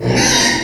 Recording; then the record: squeal of a Yucatan mini pig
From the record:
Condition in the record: before surgery on the right vocal fold (resection and tissue-engineered implant); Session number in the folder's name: 2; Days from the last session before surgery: 0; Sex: male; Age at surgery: 12 weeks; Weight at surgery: 13 kg